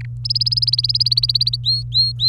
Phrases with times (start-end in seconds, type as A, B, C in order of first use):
0.01-0.05 A, 0.24-1.56 B, 1.64-2.28 C